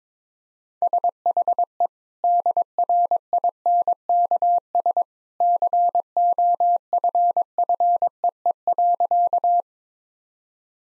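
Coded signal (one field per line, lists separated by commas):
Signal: Morse code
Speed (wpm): 22 wpm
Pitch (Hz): 700 Hz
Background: none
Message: SHE DRINKS COFFEE.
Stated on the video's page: Morse code practice sentences at 22 WPM with contextual hints.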